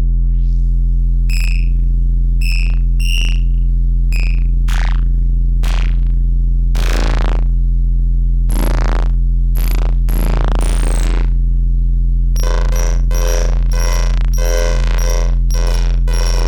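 A steady low sine hum runs throughout while sharp synthetic clicks and bursts punctuate it. Early on the bursts come in short regular pairs, then turn into sweeping noisy swells and a rising chirp, and after twelve seconds a rapid, dense rhythmic pattern of bright noise pulses takes over.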